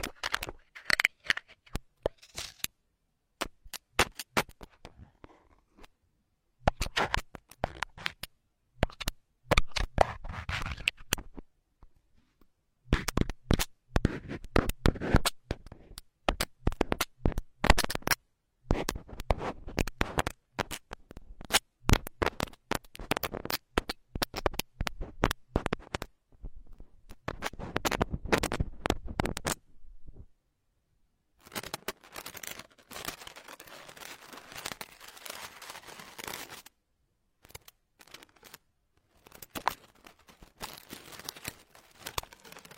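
Hair being picked and combed through, heard as dense bursts of fine, crackly scratching. The strokes come in clusters of several seconds, separated by short silent pauses, with a brighter, hissier stretch of rapid scraping from about 31 to 37 seconds.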